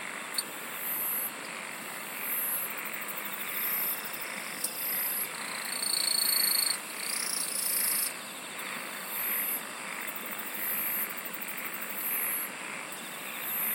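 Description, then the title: Insect chorus with buzzy high bursts that switch on and off every second or two, and a lower buzzing phrase near the middle over a constant shrill drone. "SINGING OF INSECTS"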